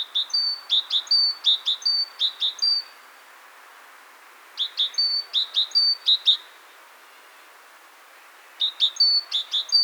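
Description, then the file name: Great tit singing in three bouts, each a rapid run of repeated phrases, paired short high notes then a steady whistled note, with pauses between bouts. "Parus major"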